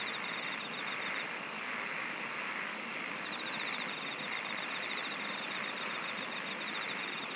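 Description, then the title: Insect chorus of pulsed trills broken by pauses, over a constant high hum and hiss, with two clicks early on. "SINGING OF INSECTS"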